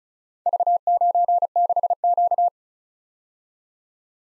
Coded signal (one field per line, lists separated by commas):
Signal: Morse code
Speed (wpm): 36 wpm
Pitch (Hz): 700 Hz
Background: none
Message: V96Q